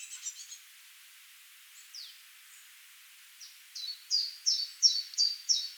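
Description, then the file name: Eurasian blackcap with a few faint notes early, then a clear series of loud, short high notes repeated about three times a second toward the end. "Sylvia atricapilla"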